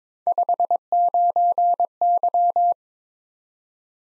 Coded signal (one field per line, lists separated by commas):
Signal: Morse code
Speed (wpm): 22 wpm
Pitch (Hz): 700 Hz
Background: none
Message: 59Y